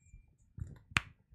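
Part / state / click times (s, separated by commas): bearing into 3D-printed plastic mount / seated / 1.0 s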